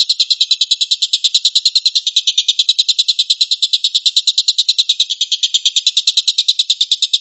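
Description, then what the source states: Stork-billed kingfisher calling in a fast, steady stream of harsh, high pulses, sustained throughout with no pauses. Rapid 'shooting' call, known locally as tembakan.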